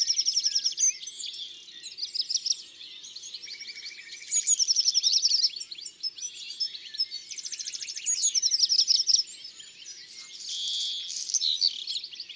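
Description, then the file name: European greenfinch song: bursts of quick chirping trills in repeated phrases, with short pauses and a softer buzzy wheeze near the end. "Verdier-d Europe-ABC-des-chants-doiseaux"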